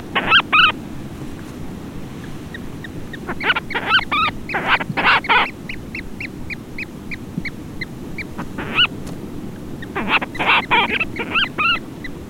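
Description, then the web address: Monteiro's storm petrel calls: bursts of harsh, stacked squealing notes in quick runs, with gaps between groups, over a steady low rumble. "aves-marinhas painho-monteiro Vocalizacoes"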